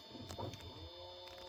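A hot end nozzle assembly on a Bambu A1 series 3D printer is pushed into the tool head until it clicks into place. A sharp click is heard at 0.3 s, followed by a softer tap, over a steady mechanical hum. The hot end is seated.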